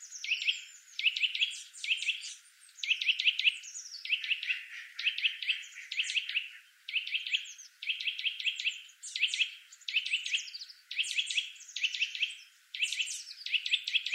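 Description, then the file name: Eurasian nuthatch with busy, continuous bursts of clipped, ringing notes, each burst of several notes following closely on the last. "Sitta europaea"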